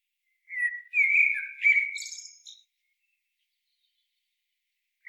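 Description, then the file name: Eurasian blackbird giving a short fluted warble that breaks into a brief high, scratchy twitter, then falls silent. "Turdus merula"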